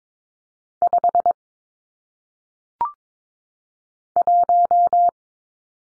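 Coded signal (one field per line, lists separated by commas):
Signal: Morse code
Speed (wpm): 22 wpm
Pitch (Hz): 700 Hz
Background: none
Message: 5 1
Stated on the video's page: Morse practice drill of single-digit numbers sent at 22 wpm for head-copy.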